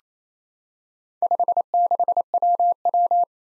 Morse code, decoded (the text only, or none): 56WW